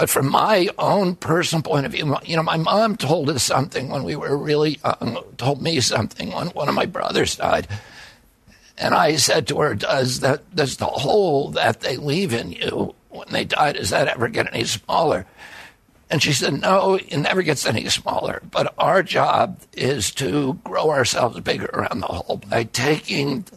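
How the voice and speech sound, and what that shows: An adult man speaks in a strained, rough, gravelly voice, with frequent creaky breaks, choked-off syllables and brief catches between phrases. These are the signs of spasmodic dysphonia (spasmodic dystonia), a neurological disorder in which the vocal cords involuntarily tighten during speech. It began at age 42 after an injury in 1996; surgery about 8 months earlier made the voice more reliable.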